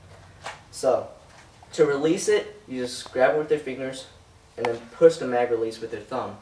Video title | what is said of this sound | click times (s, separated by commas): G&G SOC16 V.4 (part1 of 2) | it locks in place like that. | 0.5 s